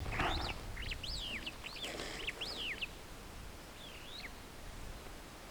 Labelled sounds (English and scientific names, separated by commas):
Superb Starling (Lamprotornis superbus) flight call